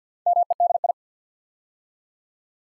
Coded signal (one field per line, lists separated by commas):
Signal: Morse code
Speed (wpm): 50 wpm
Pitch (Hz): 700 Hz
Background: none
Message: MEDI